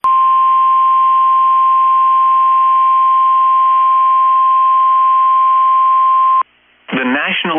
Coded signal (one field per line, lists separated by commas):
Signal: Emergency Alert System (SAME) tones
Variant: 1050 Hz attention tone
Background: speech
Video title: Severe Thunderstorm Warning EAS Wright County Minnesota 449 PM 8 11 23 KEC65 NOAA